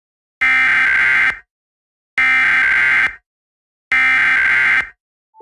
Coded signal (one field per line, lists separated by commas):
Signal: Emergency Alert System (SAME) tones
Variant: header bursts